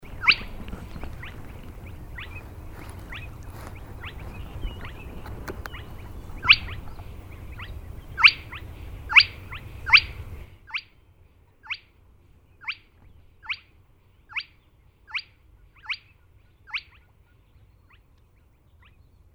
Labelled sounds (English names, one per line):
Spotted Crake